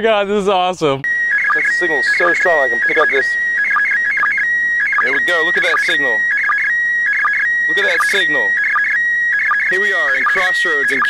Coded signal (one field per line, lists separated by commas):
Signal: SSTV (slow-scan television)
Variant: PD 180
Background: speech